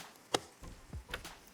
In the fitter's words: just tab in and snap so